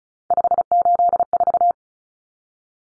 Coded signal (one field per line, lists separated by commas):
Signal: Morse code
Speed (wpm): 34 wpm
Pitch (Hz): 700 Hz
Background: none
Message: 584